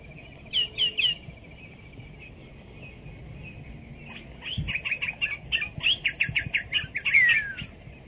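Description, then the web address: Saltator calls: three quick bright chirps, a pause, then a rapid run of sharp, slurred notes ending in a falling whistle, over a low background rumble. "sound Saltators. صدای-پرنده-پایکوب"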